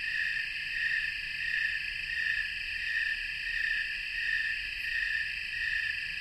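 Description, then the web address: Snowy tree cricket chorus: continuous high-pitched trill pulsing together in regular beats, about one and a half per second, over a quiet background. Chorus of many crickets, North America. "Natures Songs N America Songs of Insects -Snowy Tree Cricket chorus"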